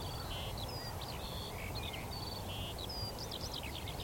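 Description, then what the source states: Eurasian skylark song, a steady flow of high whistled notes and brief buzzy trills over a constant low hum. Chorus of skylarks rising from young barley, singing exultantly as they climb high into a cloudy sky; vast open field, northern edge of the Cotswolds, South Warwickshire.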